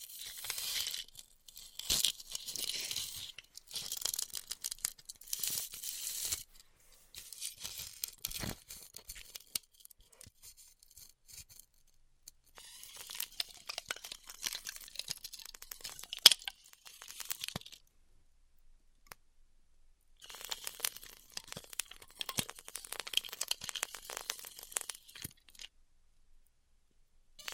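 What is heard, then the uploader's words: Styrofoam being heat cut, heard as bursts of dry, crackling, hissy texture, mostly bright and thin, that come and go in bouts of a few seconds. Quieter gaps separate the bouts, with scattered sharp ticks and snaps throughout, one louder crack near sixteen seconds. ASMR Styrofoam Heat Cutting (No Talking).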